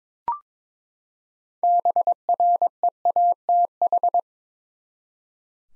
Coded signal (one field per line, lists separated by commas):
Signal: Morse code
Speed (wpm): 22 wpm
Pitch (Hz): 700 Hz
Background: none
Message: BREATH